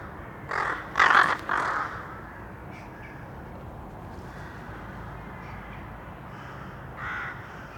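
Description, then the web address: Crow giving three loud, harsh caws in quick succession, then a few faint sounds and one fainter caw near the end, over background noise. Urban crows. "GDC 2016-Game Audio Bundle Detunized - Urban Crows"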